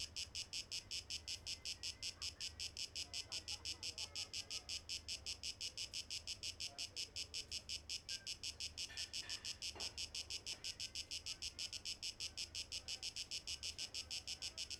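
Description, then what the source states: Cicadas producing a steady pulsing high buzz, fast and regular, with a few faint clicks and knocks in the background. 12 August 2023; tape echo mix.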